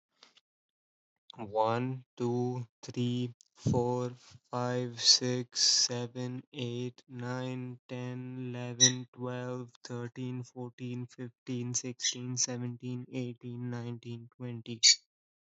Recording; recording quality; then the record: counting at a normal pace; excellent, no background noise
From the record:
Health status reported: healthy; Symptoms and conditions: none ticked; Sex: male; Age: 24 years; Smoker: not ticked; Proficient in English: yes